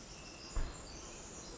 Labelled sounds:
Pacific Wren (Troglodytes pacificus)
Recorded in Sonoma County, California

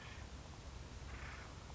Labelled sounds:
Acorn Woodpecker (Melanerpes formicivorus)
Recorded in Sonoma County, California

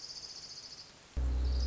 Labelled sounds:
Orange-crowned Warbler (Leiothlypis celata)
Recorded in Sonoma County, California

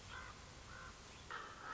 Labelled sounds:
Common Raven (Corvus corax)
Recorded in Sonoma County, California

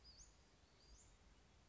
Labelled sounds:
Western Flycatcher (Empidonax difficilis)
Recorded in Sonoma County, California

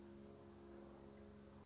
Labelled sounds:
Orange-crowned Warbler (Leiothlypis celata)
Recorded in Sonoma County, California

